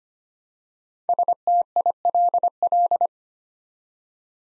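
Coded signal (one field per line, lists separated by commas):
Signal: Morse code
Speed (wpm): 25 wpm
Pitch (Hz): 700 Hz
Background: none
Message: STILL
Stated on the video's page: Morse code practice at 25 wpm, building five-letter words one letter at a time for instant character recognition.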